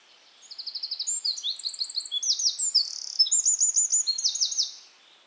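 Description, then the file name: Eurasian wren bursting into a loud, high, rapid song of rattling trills and sharp notes, running about four seconds without pause over faint background hiss. "Troglodytes troglodytes"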